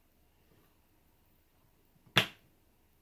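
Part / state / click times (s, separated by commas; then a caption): plastic clip piece into an office chair mechanism bracket / seated / 2.2 s. A small plastic piece, facing outward, is pushed into the bracket of a Serta Smart Layers Jennings Super Task Big and Tall office chair mechanism until it clips in. A single sharp click is heard at 2.2 seconds over a quiet background, and the piece is seated.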